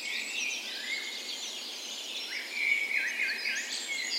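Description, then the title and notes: Birds in a dawn chorus: several high twittering and whistled songs overlap continuously, with a brighter burst of trills near the end. Dawn chorus in a park west in Bergen, Norway, on the spring morning of 17 May, Norway's National Day; Sony PCM A10 recorder with LOM Usi microphones as tree ears. "17th Of May Dawn Chorus. Recorded on the morning of Norways National Day the 17th of May in a park west in Bergen. Spring is in full effect, and the dawn chorus sounds wonderful!"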